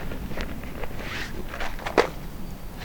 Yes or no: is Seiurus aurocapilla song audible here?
no